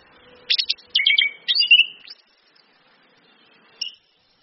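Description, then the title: Orange-headed thrush song phrase of sharp chipped notes running into a sweet whistled slur, then quiet with a couple of short high notes. Lure song of the orange-headed thrush with female calls, meant to prompt the bird to sing actively. "PANCINGAN anis kembang ngeplong dan SUITAN BETINA"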